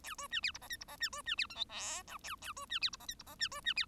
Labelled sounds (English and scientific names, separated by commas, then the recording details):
Bengalese Finch (Lonchura striata domestica) song
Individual Bird1